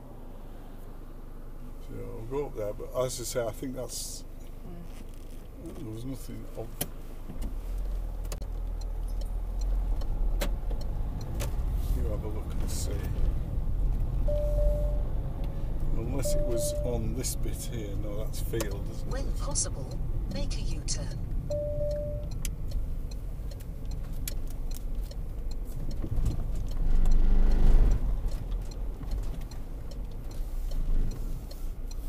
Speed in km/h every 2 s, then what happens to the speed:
0, 0, 0, 2, 10, 16, 19, 23, 21, 19, 13, 5, 5, 5, 5, 3.
0-6 standing. 6-13 pulls away to 23. 13-23 slows to 5. 23-32 steady at about 5.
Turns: 20-24.